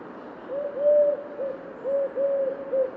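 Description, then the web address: Eurasian collared dove cooing: two three-note phrases of soft, hollow coos, each a short note, a longer drawn-out middle note and a clipped final note, over a steady background hiss. "Deverinetal 2025 File origin Bird Only"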